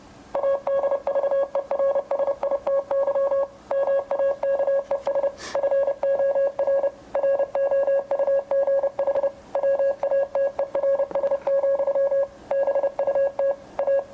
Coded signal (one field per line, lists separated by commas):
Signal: Morse code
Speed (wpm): 30 wpm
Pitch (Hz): 550 Hz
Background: none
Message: ADVERSITY MAKES FOR ROUGH WATERS, BUT A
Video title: Morse Code youth outreach presentation in a video format